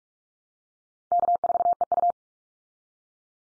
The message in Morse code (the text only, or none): K4EU